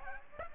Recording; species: mosquito wingbeat signal from an infrared sensor; Aedes aegypti